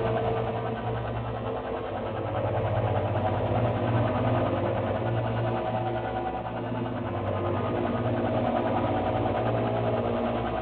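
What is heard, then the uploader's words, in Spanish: A dense, steady soundscape evoking the sounds of old video game consoles, a continuous mechanical hum with a low droning buzz underneath. Fine rapid flutter runs through the middle range, and nothing rises above about 4 kHz, giving a muffled, lo-fi tone throughout. Un paisaje sonoro que remite a los sonidos de las consolas viejas de videojuegos.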